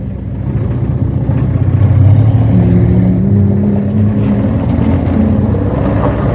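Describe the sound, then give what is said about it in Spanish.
A taxi's car engine rumbles steadily, then revs up as the taxi pulls away, its low droning hum rising slightly in pitch and holding at a constant, fairly loud level. No one speaks. “Arranque el coche, por favor.”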